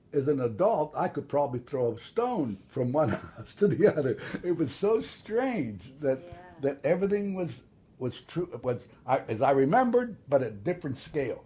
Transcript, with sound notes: As an adult I could probably throw a stone from one house (laughs) to the other. It was so strange that --
Yeah.
-- that everything was -- was tr -- was I -- as I remembered but a different scale.